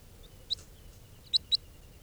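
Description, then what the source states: Crossbill giving three short high chip notes, one alone and then a close pair. Juvenile, bird number 431, recorded in captivity soon after capture, having been recorded before capture.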